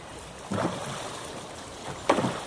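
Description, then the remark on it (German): Izak's boat moves through the sea off Benghazi, Libya, under a steady wash of water and wind, with two louder splashing surges as waves slap against the hull. “Mit Izaks Boot sollte die Reise beginnen.”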